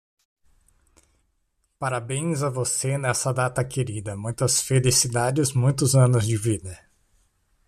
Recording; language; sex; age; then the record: short text; Brazilian Portuguese; male; 30 to 39 years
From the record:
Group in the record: control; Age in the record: 34 years